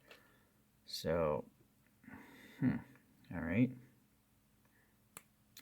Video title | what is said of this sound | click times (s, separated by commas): 1/48 VOTOMS Purple Bear ATM-09-SSC Actic Gear AG-N02 by Sunrise Takara Actic Gear robot | that just snaps back in | 5.2 s